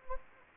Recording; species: mosquito wingbeat signal from an infrared sensor; Anopheles gambiae